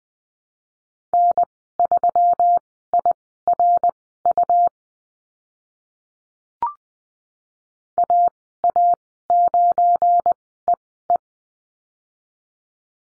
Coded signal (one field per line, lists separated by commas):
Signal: Morse code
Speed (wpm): 19 wpm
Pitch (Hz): 700 Hz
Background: none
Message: N3IRU AA9EE